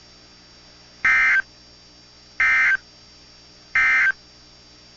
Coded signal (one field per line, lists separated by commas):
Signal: Emergency Alert System (SAME) tones